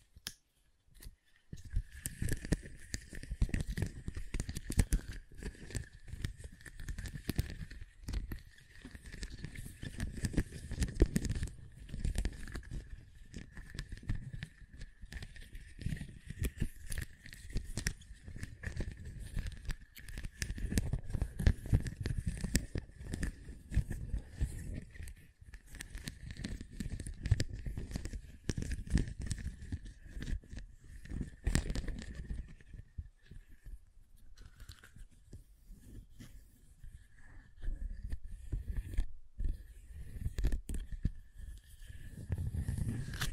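Scratching and tracing fill the recording as a dense, continuous run of dry, rough strokes, strongest in the low range with quick clicks and rasps throughout. A steady thin whine holds at one pitch nearly the whole time. The activity eases around 33–37 seconds before picking up again.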